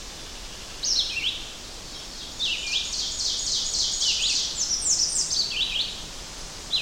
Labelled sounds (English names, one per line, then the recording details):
Ovenbird song
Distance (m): 30 m
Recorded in boreal forest in Alberta, Canada, on 10 June 2016 at 06:56
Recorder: SongMeter 3, array SBT-3-39
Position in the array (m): 196 m, 89 m
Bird 17